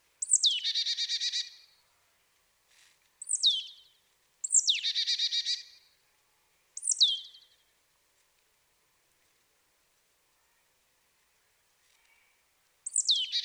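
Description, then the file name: Marsh tit giving repeated calls, each a sharp high note dropping steeply in pitch, some trailing into brief buzzy chatter, in bursts separated by quiet gaps. "Poecile palustris"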